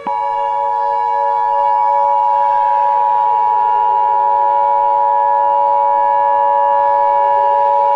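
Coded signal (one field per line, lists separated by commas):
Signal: Emergency Alert System (SAME) tones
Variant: 853 and 960 Hz attention tone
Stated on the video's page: Mock alert with a fictional scenario, made with valid EAS tones.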